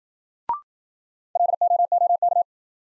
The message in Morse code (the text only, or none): LOOK